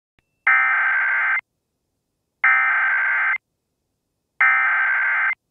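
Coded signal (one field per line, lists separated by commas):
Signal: Emergency Alert System (SAME) tones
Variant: header bursts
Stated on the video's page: Simulated mock alert tones, not a real event.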